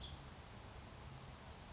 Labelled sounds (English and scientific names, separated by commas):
Western Tanager (Piranga ludoviciana)